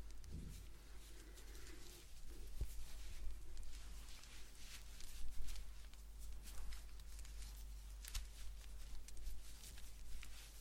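Blanket knitting with a steady run of soft scratchy rustles and brief ticks as yarn and needles move, quiet and fairly dense throughout. A low hum sits underneath, and a faint tonal murmur appears near the start, with a couple of sharper clicks around two and a half and eight seconds.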